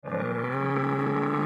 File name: bull